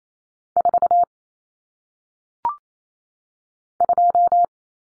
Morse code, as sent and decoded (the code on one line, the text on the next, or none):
....- / ..---
4 2